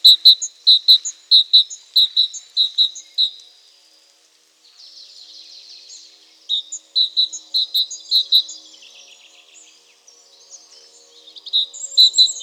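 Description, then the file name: Great tit: bright, sharp notes at a high pitch, given in quick pairs in three runs, with softer twittering and buzzy notes between them. "Parus major"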